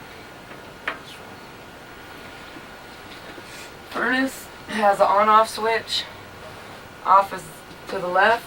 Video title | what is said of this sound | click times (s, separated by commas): Mid 90's Mallard Trailer Walk Through | And it so- locks in place. | 0.9 s